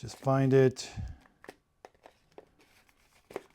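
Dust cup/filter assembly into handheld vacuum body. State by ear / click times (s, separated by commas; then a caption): seated / 3.4 s. Someone talks briefly, then the plastic dust cup and filter assembly, just emptied, is put back onto a cordless handheld vacuum body and rotated, making a series of small sharp ticks and scrapes. It locks home with a click at 3.4 s and is seated.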